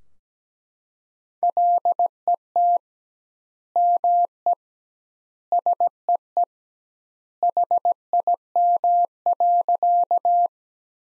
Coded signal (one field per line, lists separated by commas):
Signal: Morse code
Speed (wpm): 17 wpm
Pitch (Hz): 700 Hz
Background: none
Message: LET ME SEE HIM.